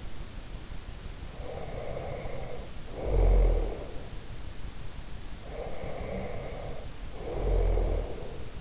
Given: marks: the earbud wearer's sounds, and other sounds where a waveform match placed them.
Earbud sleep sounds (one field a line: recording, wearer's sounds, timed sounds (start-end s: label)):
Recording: sounds in sleep by an in-ear microphone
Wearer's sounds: snoring breath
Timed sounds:
1.41-4.12 s: snoring breath
5.61-8.61 s: snoring breath